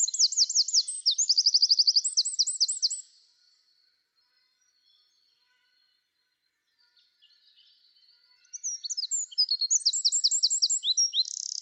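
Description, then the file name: Eurasian wren song in two loud bursts of high, rapid trilled notes, separated by about five seconds of near silence. "Troglodytes troglodytes"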